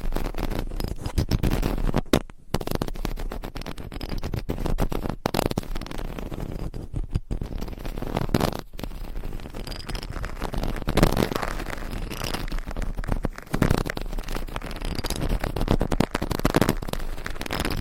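Mic scratching, layered into a dense, rough rustle that runs without a break. Strokes scrape and crackle in quick, uneven bursts, heavy in the low end, with brief dropouts near 2, 7 and 8.5 seconds and louder swells around 11 and 16.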